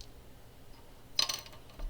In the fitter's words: I guess that pops it open, right?